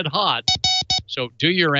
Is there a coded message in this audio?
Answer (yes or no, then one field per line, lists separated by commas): no